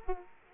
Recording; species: mosquito wingbeat signal from an infrared sensor; Culex quinquefasciatus